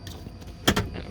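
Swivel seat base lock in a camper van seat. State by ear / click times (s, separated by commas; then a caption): seated / 0.7 s. A camper van seat's swivel base in a modified Transit self-build is turned all the way around until its metal locking mechanism engages. A sharp clunk at 0.7 s, with a softer knock just after, marks the base locking in place.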